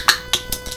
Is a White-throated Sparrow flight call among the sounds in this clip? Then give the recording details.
no. No flight call is heard. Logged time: 02:09 on 3 September 2014